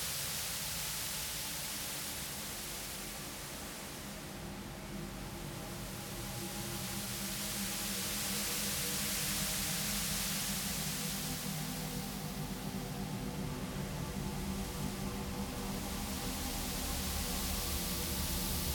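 A radiophonic piece built from the sounds of melting snow, heard here as a dense, steady wash of hiss with a low, faintly droning layer of held tones underneath. The texture swells slowly and grows slightly louder after the opening seconds, dimming briefly now and then.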